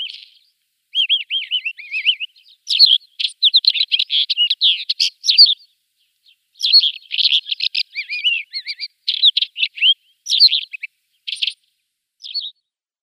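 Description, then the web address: Isabelline wheatear in sustained song: fast, jumbled twittering with whistled downslurs and rattling notes, broken by a few short pauses. "Schulze Peter Isabelline Wheatear song"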